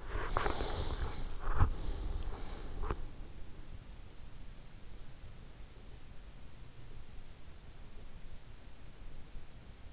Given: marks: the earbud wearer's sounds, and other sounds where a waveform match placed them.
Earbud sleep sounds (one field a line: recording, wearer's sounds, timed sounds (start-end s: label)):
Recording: sounds in sleep by an in-ear microphone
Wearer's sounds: breath, teeth grinding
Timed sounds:
0.00-3.40 s: breath
0.19-3.12 s: teeth grinding